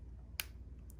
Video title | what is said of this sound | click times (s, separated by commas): AirPods Pro Review | of snap off they're kind of hard though right I heard they were kind of a snap on really tight I wouldn't break them oh wow | 0.4 s